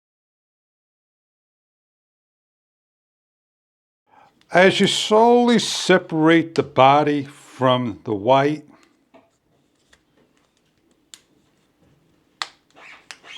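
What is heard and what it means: Someone talks, then slowly pries the plastic body of a SYMA X880 mini drone away from its white shell. The snap-fit clips release one after another with sharp clicks at 11.1, 12.4 and 13.1 seconds, and the body shell pops open.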